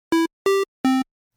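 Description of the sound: Three abrupt beeps at steady volume: a conventional flat-envelope hospital device alarm, an unnatural, harsh sound that blends with other alarms into a wall of noise clinicians tune out, contributing to alarm fatigue and stress.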